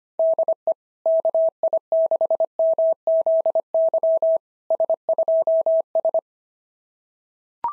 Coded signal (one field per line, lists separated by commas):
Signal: Morse code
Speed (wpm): 24 wpm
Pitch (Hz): 650 Hz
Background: none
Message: DE KI6MZY S2S